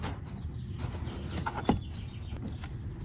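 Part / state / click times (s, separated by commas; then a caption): cabin air filter cover into vehicle filter housing / seated / 1.5 s, 1.7 s. A plastic cabin air filter cover is pushed into a tight opening in a vehicle's filter housing over a steady low background rumble. Two small, sharp snaps sound at 1.5 s and 1.7 s, with fainter ticks after. The small snap is the sign the cover is seated in place.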